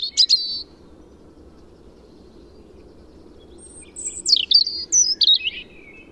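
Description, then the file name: European robin song: a short burst of sharp high notes, a pause of several seconds, then a fluid descending series of whistled and trilled notes. "Erithacus rubecula"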